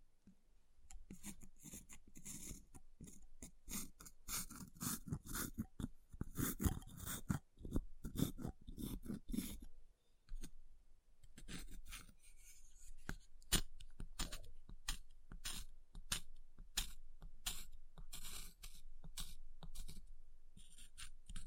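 Ice being tapped, scratched and carved, heard close up. For the first ten seconds dense, rough scraping runs under a quick stream of sharp cracks, with a low grinding rumble. After that the scraping thins out into separate crisp taps and clicks at an irregular pace.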